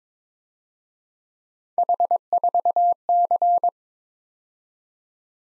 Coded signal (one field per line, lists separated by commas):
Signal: Morse code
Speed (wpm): 26 wpm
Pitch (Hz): 700 Hz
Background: none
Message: H4C